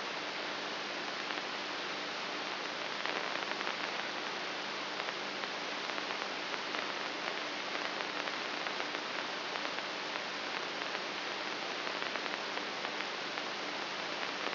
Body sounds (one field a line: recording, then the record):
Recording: brain microelectrode recording played as sound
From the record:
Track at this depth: inside the subthalamic nucleus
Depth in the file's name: 6.04 mm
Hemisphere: right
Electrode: 3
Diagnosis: Parkinson's disease